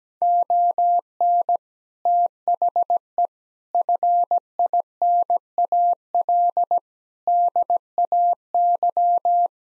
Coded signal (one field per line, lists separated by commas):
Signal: Morse code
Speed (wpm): 17 wpm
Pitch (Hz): 700 Hz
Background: none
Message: ON THE FINAL DAY